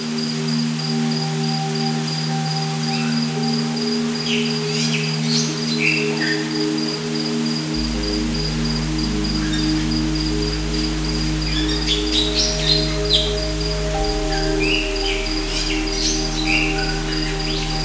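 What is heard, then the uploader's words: Short, bright squeaks and chirps break out in scattered bursts over a rainforest backdrop, busiest around the middle and near the end. A thin, unbroken insect whine holds high above, while low, steady droning tones hum underneath, deepening after about eight seconds. Squeaks in the Rainforest.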